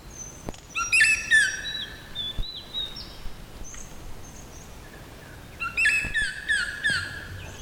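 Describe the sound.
Yellow-browed melidectes giving harmonic-rich calls in two loud bursts, with quieter whistled notes between and a few sharp clicks.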